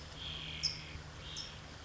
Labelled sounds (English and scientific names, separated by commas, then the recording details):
California Towhee (Melozone crissalis)
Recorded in Sonoma County, California